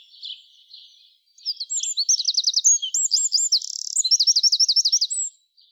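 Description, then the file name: Eurasian wren singing. Faint high twitters lead into an explosive four-second burst of shrill trills and rattling runs, ending abruptly. "Troglodytes troglodytes"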